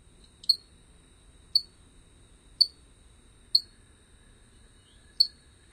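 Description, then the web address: Rio Grande chirping frog making single sharp, high, clicky chirps, five in all, spaced about one second apart with one longer gap. North America. "Songs of Frogs Toads of North America. Rio Grande Chirping Frog"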